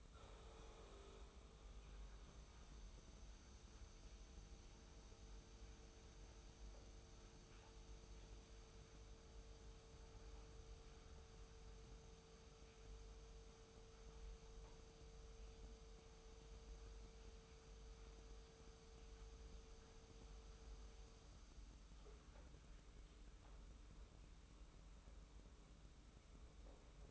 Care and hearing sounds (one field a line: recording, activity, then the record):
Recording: daily activity, microphone in the room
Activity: make coffee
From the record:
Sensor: 1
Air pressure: 990.8 hPa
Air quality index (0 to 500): 141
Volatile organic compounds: 745 ppm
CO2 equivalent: 5083 ppm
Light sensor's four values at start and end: 21/49/21/22 and 21/49/21/22